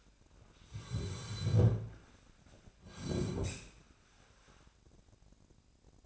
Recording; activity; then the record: daily activity, microphone in the room; sit down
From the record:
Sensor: 2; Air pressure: 1009.2 hPa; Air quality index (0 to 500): 172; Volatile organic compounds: 2 ppm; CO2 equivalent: 1262 ppm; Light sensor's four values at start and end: 41/109/45/51 and 41/109/45/51